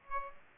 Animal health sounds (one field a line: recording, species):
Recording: mosquito wingbeat signal from an infrared sensor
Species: Aedes aegypti